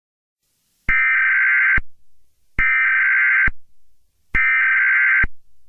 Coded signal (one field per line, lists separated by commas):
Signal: Emergency Alert System (SAME) tones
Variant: header bursts